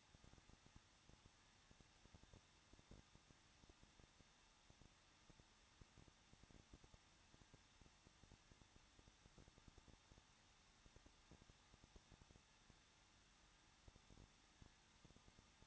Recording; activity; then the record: daily activity, microphone in the room; no activity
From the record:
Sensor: 3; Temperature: 21.2 degrees Celsius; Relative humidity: 36.3%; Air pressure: 1006.4 hPa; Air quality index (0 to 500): 221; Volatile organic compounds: 40 ppm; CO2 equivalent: 3147 ppm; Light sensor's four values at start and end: 2/3/2/2 and 2/3/2/2